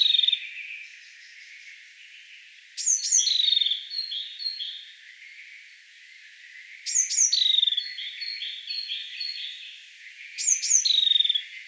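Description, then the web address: Bird calls in bursts of high, sharply falling whistled notes followed by shorter chirps, each burst returning about every four seconds. "ornitologiya slovar Ptichki"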